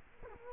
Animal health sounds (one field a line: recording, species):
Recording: mosquito wingbeat signal from an infrared sensor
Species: Culex quinquefasciatus